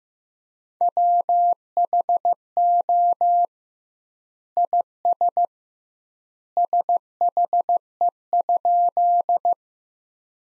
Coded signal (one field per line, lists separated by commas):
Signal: Morse code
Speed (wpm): 15 wpm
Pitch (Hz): 700 Hz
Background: none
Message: WHO IS SHE?